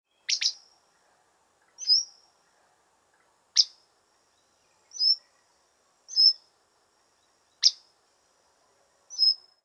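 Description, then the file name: Grey wagtail giving sharp, high, clipped call notes, single or doubled, spaced irregularly every one to two seconds against a silent background. "kisekirei"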